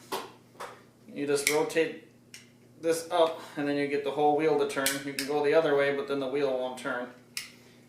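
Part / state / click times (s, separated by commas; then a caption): rotary magazine wheel in air rifle magazine housing / seated / 7.4 s. Someone talks while winding the spring-loaded rotary pellet magazine wheel in the magazine housing of a Benjamin Marauder .25 caliber air rifle. A sharp tick at 7.4 s marks the wheel indexing and locking in place.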